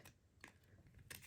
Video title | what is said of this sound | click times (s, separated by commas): Ramping Up Your DSP with Embossing Paste! | in here. It pops right in. | 0.4 s